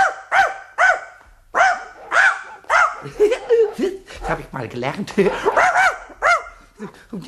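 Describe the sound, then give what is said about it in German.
A voice imitates a big dog barking, four loud, evenly spaced woofs, followed by a few words of speech mixed with chuckling laughter. “Ein großer Hund vertreibt jeden Kater der Welt. Und ich bin jetzt ein ganz, ganz großer Hund.”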